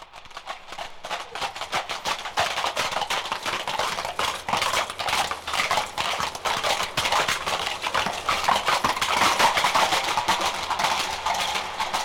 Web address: horses in street trot pairs to center prance and gallop off